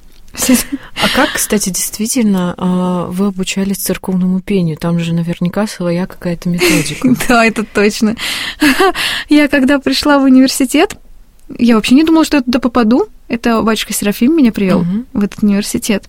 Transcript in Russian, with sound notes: А как, кстати, действительно, Вы обучались церковному пению? Там же наверняка какая-то своя методика? (смеется)
Да, это точно! Я когда пришла в университет... Я вообще не думала, что я туда попаду, это батюшка Серафим меня привел в этот университет,